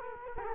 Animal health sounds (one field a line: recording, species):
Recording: mosquito wingbeat signal from an infrared sensor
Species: Culex quinquefasciatus